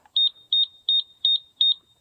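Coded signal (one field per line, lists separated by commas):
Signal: beep code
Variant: Coop Controls door opener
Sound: five short, shrill, evenly spaced beeps at the same high pitch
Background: quiet room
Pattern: 5 short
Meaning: Fault: the unit won't cycle, apparently a control board problem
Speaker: then it does that on its own. It'll just keep beeping, 5 beeps and blinking the light.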